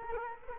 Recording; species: mosquito wingbeat signal from an infrared sensor; Culex quinquefasciatus